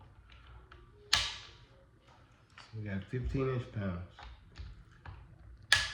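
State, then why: Torque reached. A preset torque driver set to 15 inch-pounds tightens a scope ring bolt while someone talks. The driver gives a sharp click at 5.7 s, confirming the bolt has reached its set torque.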